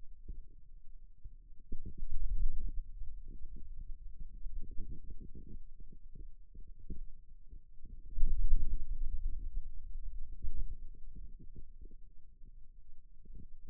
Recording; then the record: forearm muscle sounds (acoustic myography)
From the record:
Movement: ulnar deviation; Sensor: system 2, bracelet of six BSWA MPA416 microphones around the upper forearm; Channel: 5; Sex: male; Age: 22 years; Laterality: right